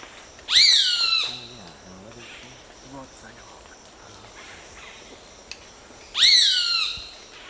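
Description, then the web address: Roadside hawk calls: two harsh, descending screams nearly six seconds apart, with soft low sounds between them. South America, eastern lowlands. "Natures Songs S America Eastern Lowlands Buteo magnirostris, calls"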